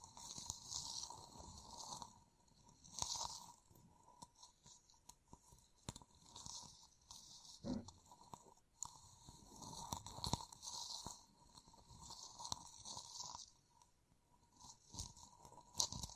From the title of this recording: ASMR Gem Covered Fingertips Tapping and Scratching